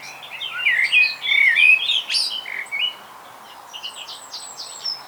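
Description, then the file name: Common blackbird: a rich whistled warble quickly breaking into squeaky, buzzy high notes, then fading to faint thin high notes. "Turdus merula"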